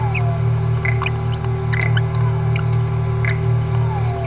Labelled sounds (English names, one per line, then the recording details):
Green-rumped Parrotlet babbling
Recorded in a nest box in Venezuela
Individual 18B17A4